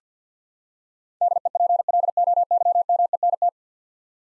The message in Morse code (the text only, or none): DEPLOYMENT